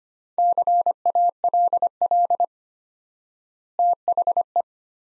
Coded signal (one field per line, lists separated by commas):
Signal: Morse code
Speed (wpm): 25 wpm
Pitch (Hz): 700 Hz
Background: none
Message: CALL THE